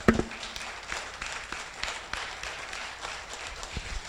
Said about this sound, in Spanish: Dele un aplauso al Señor en esta noche.